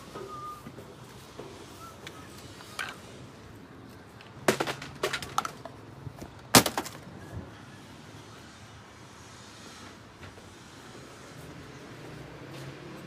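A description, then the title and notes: Recycling centre ambience with a steady low rumble and murmur running throughout. Sharp clattering knocks cluster between about four and seven seconds, the loudest crash near six and a half seconds, with a few lighter bumps scattered before and after. Recycling Centre.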